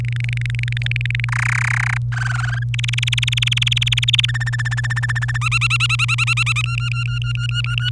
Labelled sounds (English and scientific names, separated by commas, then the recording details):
Domestic Canary (Serinus canaria) song
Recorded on 27 April 2018 at 06:45
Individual llb3